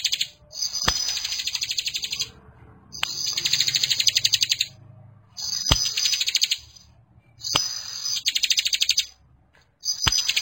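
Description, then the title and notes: Bar-winged prinia song: several long, buzzy, high-pitched trilled phrases with clear gaps between them, and sharp ticking clicks. Compilation of bar-winged prinias (ciblek) in active, vigorous song, including young birds. "Kicau Ciblek new - putri sherin. kumpulan suara burung ciblek gacor dan anakan"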